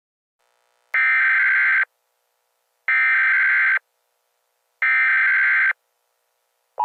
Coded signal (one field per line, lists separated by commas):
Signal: Emergency Alert System (SAME) tones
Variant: header bursts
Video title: EAS Scenario #1: The Android Uprise!!